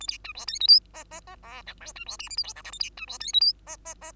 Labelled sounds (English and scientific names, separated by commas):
Bengalese Finch (Lonchura striata domestica) song